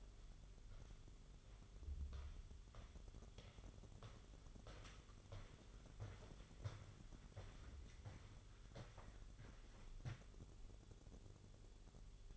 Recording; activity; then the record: daily activity, microphone in the room; walk to room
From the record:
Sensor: 4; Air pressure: 1009.0 hPa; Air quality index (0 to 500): 143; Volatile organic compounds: 2 ppm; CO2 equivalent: 1034 ppm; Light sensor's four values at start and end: 14/32/12/12 and 12/28/11/11